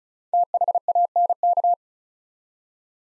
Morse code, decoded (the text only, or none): THANK